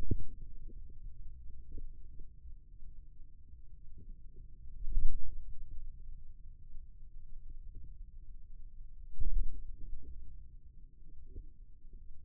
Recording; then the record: forearm muscle sounds (acoustic myography)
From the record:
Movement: ulnar deviation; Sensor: system 2, bracelet of six BSWA MPA416 microphones around the upper forearm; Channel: 2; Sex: male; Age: 22 years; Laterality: right